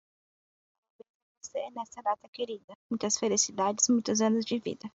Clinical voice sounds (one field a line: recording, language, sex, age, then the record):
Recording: short text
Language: Brazilian Portuguese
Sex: female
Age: 20 to 29 years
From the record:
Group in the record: control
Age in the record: 24 years